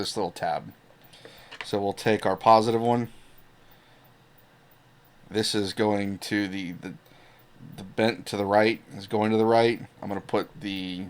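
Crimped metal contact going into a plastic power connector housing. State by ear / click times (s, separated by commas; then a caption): not seated / none. A crimped positive metal contact for a plastic power connector housing is picked up and turned so its tab is bent to the right, ready to be pushed in. Someone talks throughout, with a faint handling tick near 1.2 s. The contact has not been inserted into the housing yet, and nothing has seated or clicked.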